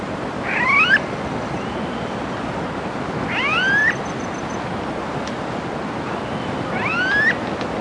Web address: cantos anochico